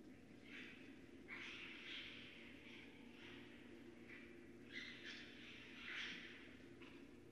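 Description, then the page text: Raccoon squealing calls, a series of harsh, quavering bursts, with a steady low hum underneath. Northern Raccoon recorded remotely at night on 4 January 2012 with an unattended recorder. "Night Sounds, Pt 6 – Raccoons – Stan Courtney. Raccoon 2012 01 04"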